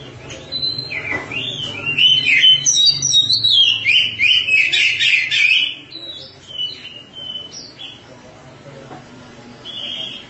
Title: Suara Kicauan Burung Kacer